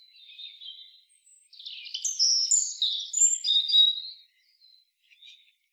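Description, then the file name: European robin song: a quiet opening note, then a rich run of high, tinkling, warbled phrases that fades into faint notes. "Erithacus rubecula"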